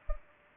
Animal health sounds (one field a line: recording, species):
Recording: mosquito wingbeat signal from an infrared sensor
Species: Culex pipiens